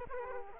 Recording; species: mosquito wingbeat signal from an infrared sensor; Aedes aegypti